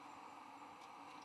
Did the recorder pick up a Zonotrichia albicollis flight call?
no